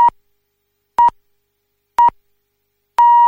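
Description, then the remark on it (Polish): A radio half-hour time signal marking 7:30: four clean, mid-high electronic beeps spaced one second apart, the first three short and the final one held noticeably longer, with silence between and no talking. “No tego jeszcze nie było, żeby mi Michał pikał o połówce.”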